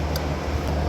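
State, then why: Not seated. An electrical connector is handled as it goes back onto an ignition coil on a GMC Acadia 3.6, with a brief faint tick at 0.2 s over a steady low hum. Nothing has seated or clicked yet.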